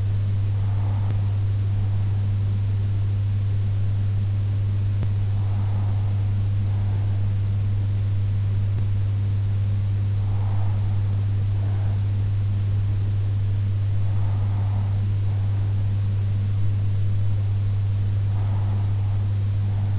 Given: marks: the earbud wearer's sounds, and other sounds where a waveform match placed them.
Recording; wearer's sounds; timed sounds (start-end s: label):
sounds in sleep by an in-ear microphone; breath
0.00-2.00 s: breath
5.00-7.00 s: breath
10.00-12.00 s: breath
14.00-16.00 s: breath
18.00-19.99 s: breath